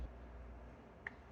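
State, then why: Seated. On a 2011 Mazda CX-7 power window motor, a plastic ring lined up with the grooves of the replacement plastic gear inside the motor housing is pushed together. A single short, sharp click at 1.0 s (the sound's onset) marks the ring snapping into place over a low steady background, and it is seated.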